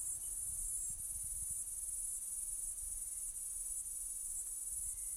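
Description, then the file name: Cicada song, a steady high-pitched buzzing drone held without a break, with faint low rumble beneath. Recorded in Kaning'ina Forest. "Platypleura sp Kaning'ina Forest"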